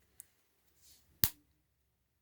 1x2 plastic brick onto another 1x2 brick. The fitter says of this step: okay make sure they snap into place